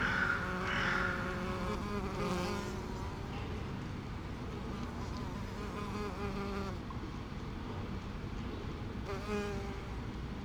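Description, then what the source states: Bees buzzing, a steady humming drone with wavering tones, over a low background rumble. Saint-Gilles, Belgium; Earsight V2 microphones in AB into a Zoom F3.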